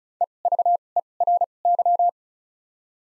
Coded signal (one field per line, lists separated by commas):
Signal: Morse code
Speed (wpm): 36 wpm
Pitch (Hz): 700 Hz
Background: none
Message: E V E R Y